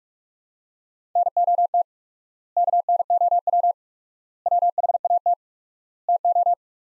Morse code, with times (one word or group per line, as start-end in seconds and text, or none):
1.2-1.8 NOT
2.6-3.7 KNOW
4.5-5.3 WHAT
6.1-6.5 TO